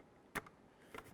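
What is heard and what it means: A plastic wiring connector is pushed together into the door panel switch harness while replacing the side mirror on a 1998-2011 Ford Ranger. After a brief rattle, a sharp click is heard at 1.0 s, and the connector is seated.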